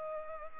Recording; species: mosquito wingbeat signal from an infrared sensor; Culex pipiens